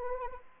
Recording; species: mosquito wingbeat signal from an infrared sensor; Anopheles arabiensis